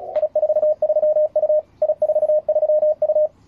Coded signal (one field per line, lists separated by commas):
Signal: Morse code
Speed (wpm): 36 wpm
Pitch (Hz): 630 Hz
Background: radio noise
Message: I43U I43U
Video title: E29TGW Mew as I43U working 9Z4Y in IARU HF CONTEST